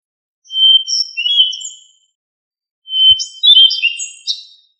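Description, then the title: Thrush song: two clear whistled phrases, each starting on a level note and breaking into slurred, fluttering notes, separated by a quiet pause. "Familia Turdidae - Sabia"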